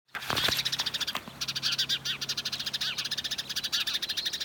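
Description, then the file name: House sparrow chatter: a busy stream of rapid chirps with a short lull, a faint low hum underneath. "Passer domesticus"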